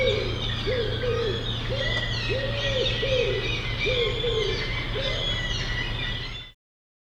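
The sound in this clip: Bird calls: repeated hollow coos, short arched notes in irregular groups, with a persistent low hum and scattered high bird chirps behind.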